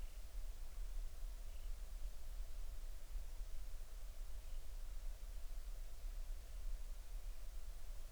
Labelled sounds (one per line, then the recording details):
bird
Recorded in the Arctic National Wildlife Refuge, Alaska, on 20 July 2019 at 02:35
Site 38